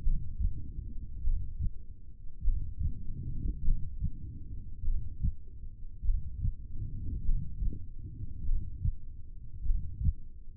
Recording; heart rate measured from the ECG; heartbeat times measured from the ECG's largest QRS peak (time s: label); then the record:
heart sounds by stethoscope; 50 bpm
0.05 s: heartbeat
1.25 s: heartbeat
2.46 s: heartbeat
3.66 s: heartbeat
4.86 s: heartbeat
6.06 s: heartbeat
7.27 s: heartbeat
8.47 s: heartbeat
9.67 s: heartbeat
From the record:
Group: heart failure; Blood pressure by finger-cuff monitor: 117/66 mmHg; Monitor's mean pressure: 83 mmHg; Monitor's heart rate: 51 bpm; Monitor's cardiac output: 4.5 L/min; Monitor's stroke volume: 90 mL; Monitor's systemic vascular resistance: 1330 dyn s/cm5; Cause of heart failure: cardiac sarcoid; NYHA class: 1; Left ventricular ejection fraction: 39%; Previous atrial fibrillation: present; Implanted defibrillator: present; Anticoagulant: apixaban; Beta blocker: carvedilol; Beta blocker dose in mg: 50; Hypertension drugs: ramipril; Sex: male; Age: 79 years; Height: 184 cm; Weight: 92.5 kg